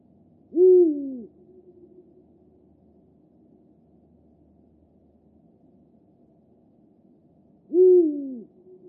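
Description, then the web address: Eurasian eagle-owl giving two deep, booming hoots about seven seconds apart, each gliding slightly downward, with low background hiss between them. Spring 2024, week 20. "reksin-huomenet-kevat-2024 viikko-20-lintujen-laulu huuhkaja reijolan"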